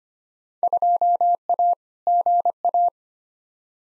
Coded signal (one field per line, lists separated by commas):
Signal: Morse code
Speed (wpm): 25 wpm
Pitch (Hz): 700 Hz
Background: none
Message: 2A GA